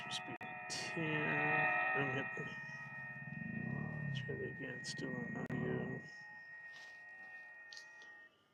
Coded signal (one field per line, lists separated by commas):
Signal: FT8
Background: speech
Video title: Trying out two new(used) hamfest find radios at a POTA.